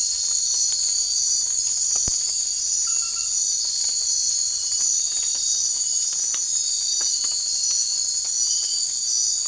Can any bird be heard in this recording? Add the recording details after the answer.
no. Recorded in secondary vegetation near Puerto Asís, Putumayo, Colombia, on 8 March 2025 at 00:30. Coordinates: 0.499, -76.323. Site G094